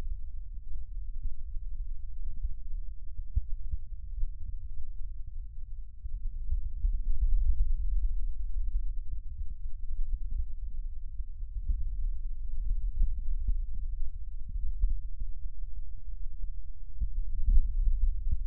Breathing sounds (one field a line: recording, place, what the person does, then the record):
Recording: lung sounds by stethoscope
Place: right posterior basal chest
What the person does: quiet breathing, then deep breathing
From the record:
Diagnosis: interstitial lung disease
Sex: male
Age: 61 years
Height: 172 cm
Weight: 71 kg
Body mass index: 24.0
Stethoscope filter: bell mode